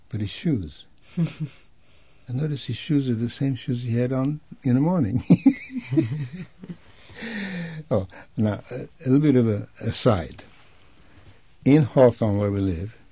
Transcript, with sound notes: And his shoes, I noticed his shoes are the same shoes he had on in the morning. ( he laughs ) Oh, now, a bit of an aside. In Hawthorne where we lived,